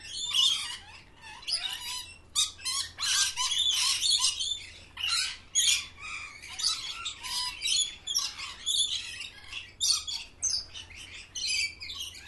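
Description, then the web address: Parrots keep up a steady racket of raucous squawks and chattering notes, bursts coming in quick uneven succession. Parrots kept in cages at a zoo. "sound from a zoo where parrots are kept in cages"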